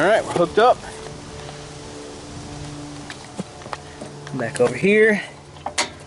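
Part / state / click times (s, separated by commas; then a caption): winch clutch lever engaging the winch drum gear / seated / 5.7 s. Someone talks while the free-spool clutch lever on a small Harbor Freight 2500 lb electric winch, mounted on an ASW Carbide go-kart, is moved back to the engaged position. The lever clicks into place at 5.7 s, engaging the winch drum gear, and the clutch is seated.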